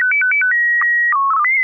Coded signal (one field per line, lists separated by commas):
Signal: SSTV (slow-scan television)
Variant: PD 120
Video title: N6NA SSTV Net - 11/29/2023